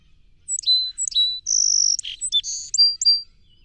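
Song sparrow song opening with two sharp slurred notes, then a long high buzz, a harsh note and a few repeated chips.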